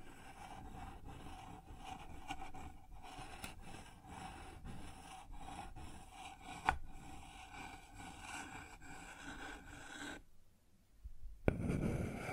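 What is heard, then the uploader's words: Sounds on a wooden surface: a steady, dense rubbing and scraping with a persistent mid-pitched tone and many quick irregular taps throughout. A sharp knock lands near the seventh second, then it goes nearly silent around ten to eleven seconds before a louder, rougher scrape resumes. ASMR Sounds on Wooden Surface (No Talking).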